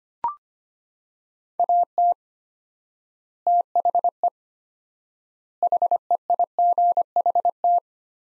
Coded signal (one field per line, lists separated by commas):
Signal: Morse code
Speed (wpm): 25 wpm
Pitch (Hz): 700 Hz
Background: none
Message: AT THE HEIGHT